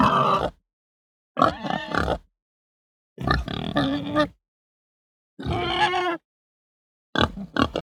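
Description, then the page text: Pig grunting and squealing in five rough, harsh bursts of up to about a second each, with silent gaps between them. Hampshire breed pig. "Hampshire Pig Grunt Squeak. Quick Sounds"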